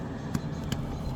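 An electrical connector is slid into the socket of a starlight headliner component until it snaps into place, and a tug afterward confirms it holds. Sharp clicks are heard at 0.4 s and 0.7 s over a low background hum. The connector is seated.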